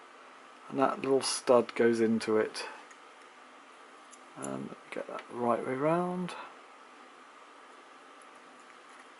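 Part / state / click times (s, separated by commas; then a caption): packaging retainer stud into hole by the front axle of a model locomotive / not seated / none. A small plastic stud on a box packing insert is being handled for pushing into a little hole by the front axle of a Trix HO 25020 DR Br18 201 model locomotive, a loose push fit that holds the locomotive in its box. Someone talks over a steady low background hiss. Nothing has seated or clicked yet.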